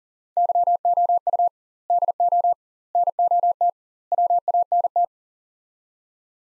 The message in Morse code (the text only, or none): YOU DO NOT WANT